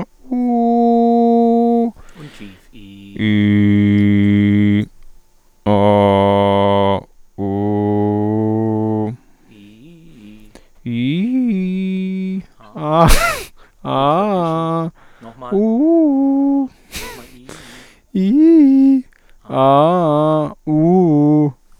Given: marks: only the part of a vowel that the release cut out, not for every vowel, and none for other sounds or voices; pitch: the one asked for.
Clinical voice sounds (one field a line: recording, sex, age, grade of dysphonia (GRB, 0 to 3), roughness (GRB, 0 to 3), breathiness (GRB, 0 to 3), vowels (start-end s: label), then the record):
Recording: sustained vowels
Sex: male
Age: 30 to 39 years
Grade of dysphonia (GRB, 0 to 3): 0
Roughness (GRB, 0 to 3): 0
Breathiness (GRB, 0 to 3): 0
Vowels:
0.40-1.79 s: vowel /u/, high pitch
3.52-4.73 s: vowel /i/, low pitch
5.71-6.89 s: vowel /a/, low pitch
7.47-9.07 s: vowel /u/, low pitch
10.96-12.31 s: vowel /i/, low-high-low pitch
19.60-20.40 s: vowel /a/, low-high-low pitch
20.71-21.43 s: vowel /u/, low-high-low pitch
From the record:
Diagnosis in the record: healthy voice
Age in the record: 32 years